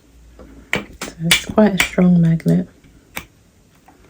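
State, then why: Not seated. A magnetic mount plate on the front of a DJI Osmo Pocket 3 pocket gimbal camera is handled near its magnetic neck mount, giving sharp clicks and taps around 0.7, 1.0 and 3.2 seconds while someone talks. Nothing has seated or clicked into place yet.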